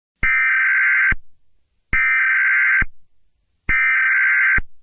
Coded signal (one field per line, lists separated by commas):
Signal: Emergency Alert System (SAME) tones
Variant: header bursts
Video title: EAS scenario 20: revolta do indonesia